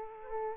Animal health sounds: mosquito wingbeat signal from an infrared sensor; Aedes aegypti

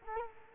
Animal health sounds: mosquito wingbeat signal from an infrared sensor; Culex quinquefasciatus

